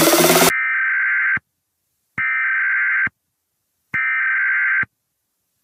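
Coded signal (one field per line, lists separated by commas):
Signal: Emergency Alert System (SAME) tones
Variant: header bursts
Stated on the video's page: Fictional EAS scenario.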